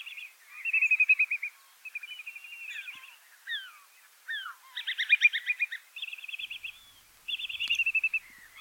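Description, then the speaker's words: Whimbrel: piping shorebird calls in fast repeated series, a few softer downslurred notes between bursts and one sharp click near the end. Series of piping notes, very different from the curlew's call; passage migrant through Ireland in spring and autumn, neither breeding nor wintering; formerly called Maybird, passing from Africa to breed in Scandinavian tundra. "Yeah, when I'm out in the spring or in the autumn and I hear that series of those piping notes, I know, oh, whimbrel flying by."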